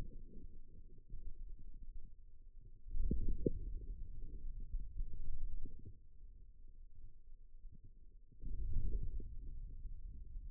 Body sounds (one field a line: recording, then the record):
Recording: forearm muscle sounds (acoustic myography)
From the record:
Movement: wrist extension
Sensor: system 2, bracelet of six BSWA MPA416 microphones around the upper forearm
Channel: 1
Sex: male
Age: 22 years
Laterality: right